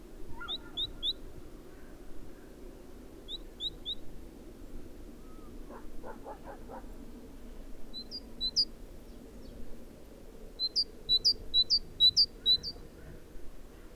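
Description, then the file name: Great tit song in scattered short phrases, with a brief quick rattling series midway, ending in a lively run of high two-note repeats. "Parus major"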